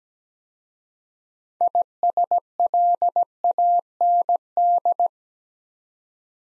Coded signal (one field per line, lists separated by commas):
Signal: Morse code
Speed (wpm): 17 wpm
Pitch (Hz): 700 Hz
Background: none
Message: ISLAND